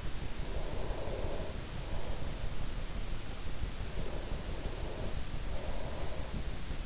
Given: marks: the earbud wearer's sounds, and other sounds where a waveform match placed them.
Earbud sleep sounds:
sounds in sleep by an in-ear microphone; breath
0.27-2.61 s: breath
3.58-6.44 s: breath

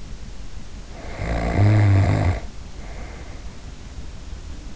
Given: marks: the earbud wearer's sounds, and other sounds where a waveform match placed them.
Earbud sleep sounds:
sounds in sleep by an in-ear microphone; snoring breath
0.79-3.60 s: snoring breath

